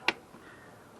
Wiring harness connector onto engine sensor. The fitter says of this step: plug the uh new sensor make sure you get that nice click